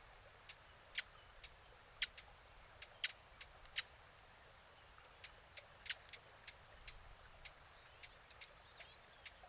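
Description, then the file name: Eurasian blackcap giving hard, dry tack calls, sharp clicks repeated irregularly about once a second, with faint high chirps in the background. "Sylvia atricapilla"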